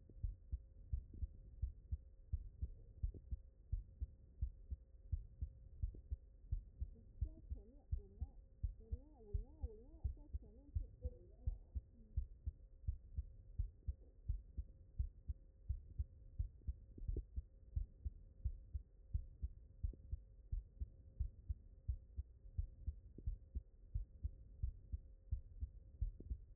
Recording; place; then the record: heart sounds by stethoscope; mitral valve (MV)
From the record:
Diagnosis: non-HFrEF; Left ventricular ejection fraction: 68%